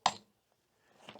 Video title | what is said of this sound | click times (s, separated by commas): What's The Best Method To Pack The Scubapro Hydros BCD? | What we're going to do is push them until we hear it click | 0.1 s